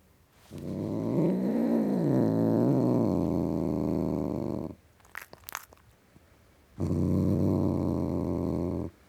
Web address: BBC Sound Effects Library - Cats Tom Cat Growling